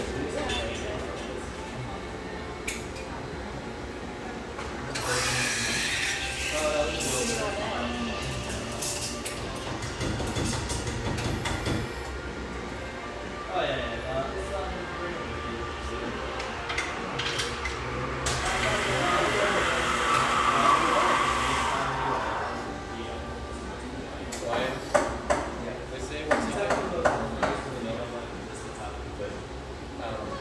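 Lively coffeeshop ambience with a steady murmur of voices and clattering sounds throughout. A loud hissing burst, like a steam wand or grinder, rises around five seconds and again from eighteen to twenty-two seconds, and sharp clinks and knocks cluster near twenty-five seconds.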